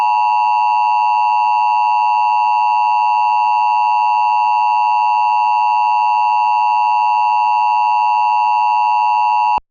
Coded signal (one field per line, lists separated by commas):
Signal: Emergency Alert System (SAME) tones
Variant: 853 and 960 Hz attention tone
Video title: Cyberattack EAS Scenario - Cryo Attack